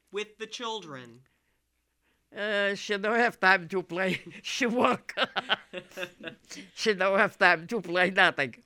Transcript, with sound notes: With the children.
She don't have time to play. She work. ( they laugh ) She never have time to play nothing.